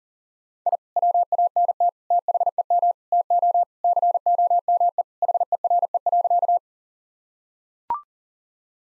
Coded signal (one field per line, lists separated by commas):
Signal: Morse code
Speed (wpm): 40 wpm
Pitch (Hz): 700 Hz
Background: none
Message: I WANT THEM TO COME HERE.